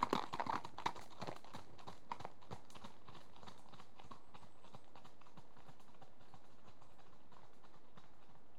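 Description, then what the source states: Horse hoofbeats, a quick irregular clatter of hooves on a hard, gritty surface, loudest in the first second and then fading to faint steps. Two horses trotting on a gravelly track.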